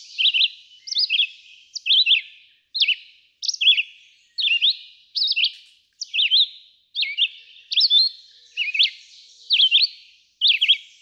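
Red-eyed vireo song, a steady series of short slurred phrases, some rising and some falling.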